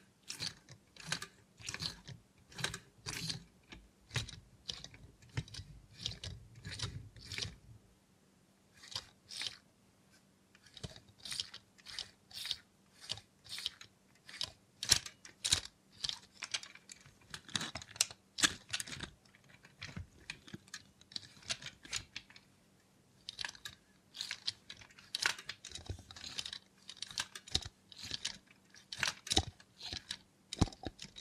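A robot hand makes quick, crisp clicking and tapping sounds, like keys or small gears, in dense irregular bursts through the whole half minute. A low steady hum runs underneath, with a deeper rumble in the first seven seconds and brief quiet gaps around eight and twenty-two seconds.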